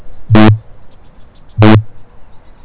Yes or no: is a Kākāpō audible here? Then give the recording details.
yes. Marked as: faintness 2/5. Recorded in New Zealand. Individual Stumpy